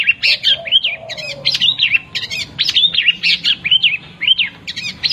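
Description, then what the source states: Long-tailed shrike song, a busy run of varied chirps, slurred whistles and rising-falling notes, delivered rapidly and almost continuously, with a faint lower whistle underneath. Song in the combination style, locally called cendet kombinasi.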